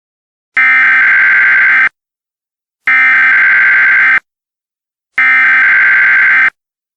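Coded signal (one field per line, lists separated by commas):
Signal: Emergency Alert System (SAME) tones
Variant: header bursts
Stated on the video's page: Fictional EAS scenario.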